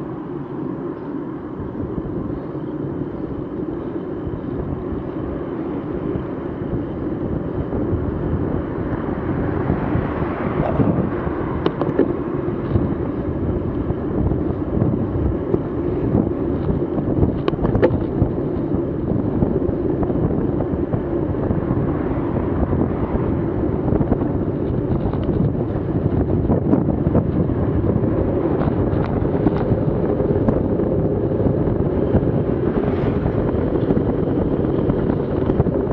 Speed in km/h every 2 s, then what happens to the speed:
19, 22, 24, 25, 26, 27, 28, 29, 30, 31, 32, 33, 33, 34, 34, 33, 31, 31.
0-19 speeds up to 32. 19-36 steady at about 33.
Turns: none.